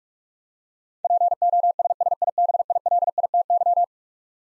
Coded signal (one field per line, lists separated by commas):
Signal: Morse code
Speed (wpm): 44 wpm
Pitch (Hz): 700 Hz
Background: none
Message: POSSIBILITY